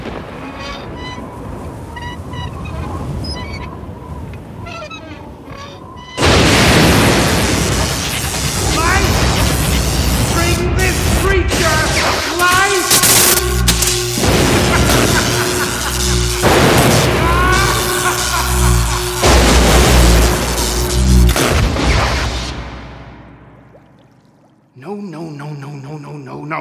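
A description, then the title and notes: Spooky Halloween sounds: a low, murmuring hum with faint eerie tones for the first six seconds, then a sudden loud burst into a dense, roaring clamor full of honking cries, shrieks and crashes. It fades to silence near 25 seconds before a brief loud return. Spooky Sounds For Halloween.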